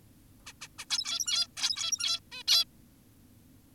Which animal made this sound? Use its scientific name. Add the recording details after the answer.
Taeniopygia guttata. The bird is an adult. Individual g17y2U